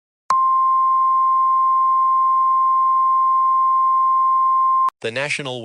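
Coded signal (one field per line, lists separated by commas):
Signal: Emergency Alert System (SAME) tones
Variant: 1050 Hz attention tone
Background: speech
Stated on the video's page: Fictional EAS scenario, not a real alert.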